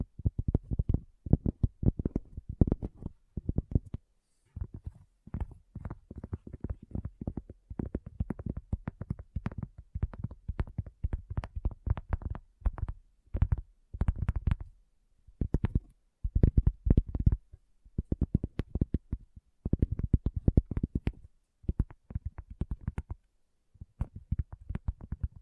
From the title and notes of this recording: ASMR Addictive Tapping. (No Talking).